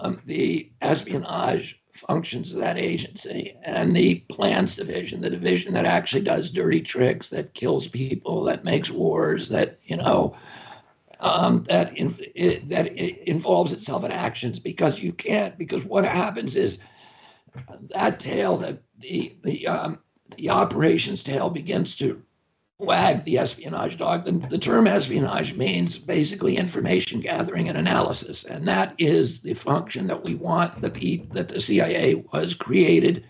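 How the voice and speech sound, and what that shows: An adult man speaks in a low-pitched, rough, strained voice with frequent pauses. The sound of his voice is due to the spasmodic dysphonia he suffers from.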